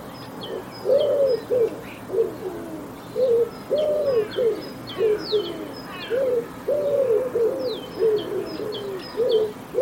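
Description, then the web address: Bird giving a steady run of low cooing notes, with higher whistles and chirps above. "Bird Only"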